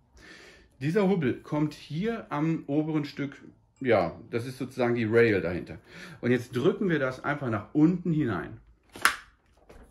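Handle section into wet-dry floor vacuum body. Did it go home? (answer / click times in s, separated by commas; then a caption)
yes / 9.0 s. Someone talks while a plastic handle section is pushed down into the main body of a Tineco 3-in-1 wet-dry floor vacuum cleaner. A sharp, short click is heard at 9.1 s as the part locks in place, seating it in the base.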